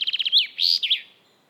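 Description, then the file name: Common chaffinch song fragment: several quick high notes, then a slurred whistled flourish and a final short twitter, fading out. "Fringilla coelebs"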